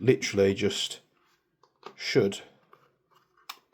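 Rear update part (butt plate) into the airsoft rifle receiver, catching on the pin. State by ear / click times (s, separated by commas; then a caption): seated / 3.5 s. Someone talks while a new rear update part (butt plate) is pushed into the receiver of a Silverback MDRX airsoft rifle with the back pin taken out, so that it catches on the pin. A few faint small clicks follow, then a sharp snap at 3.5 s as the part seats in place.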